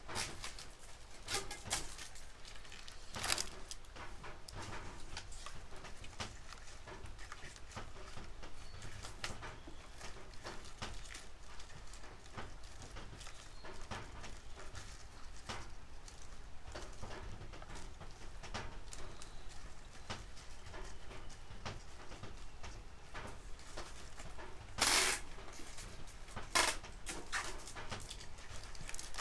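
Harvested green onions being cleaned and trimmed, peeled and bundled. Constant dry rustling and crisp snapping clicks fill the whole stretch, with sharper, louder tears near 3 seconds and again around 25 and 27 seconds over a faint low hum.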